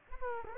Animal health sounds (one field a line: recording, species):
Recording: mosquito wingbeat signal from an infrared sensor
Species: Aedes aegypti